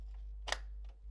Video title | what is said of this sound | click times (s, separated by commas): Test 3DMark Fire Strike Zotac GeForce® GTX 960 AMP! 2GB GDDR5 128-Bit Backplate 13Nov'21 | Oke, kita pasang sampai ada bunyi klek kayak gitu tadi. | 0.5 s